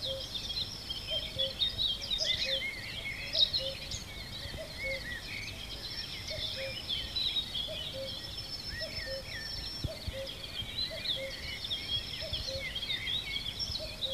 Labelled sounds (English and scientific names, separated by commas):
Common Cuckoo (Cuculus canorus) song